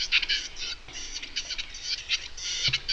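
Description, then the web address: Western capercaillie calling with dense, scratchy, hissing bursts in quick irregular runs, pausing briefly near one second, with a faint low thump toward the end. "Tetrao urogallus"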